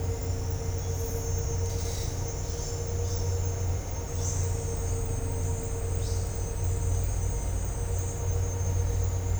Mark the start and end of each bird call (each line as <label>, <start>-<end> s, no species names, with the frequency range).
bird call (4.3-8.0 kHz), 4.20-4.51 s